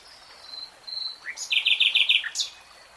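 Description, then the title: Nightingale song: a thin whistle, then a rising note leading into a rapid run of bright repeated notes and a sharp upward flourish, with quiet background hiss. "[Tiếng chim hót] REALTIME Nightingale Singing"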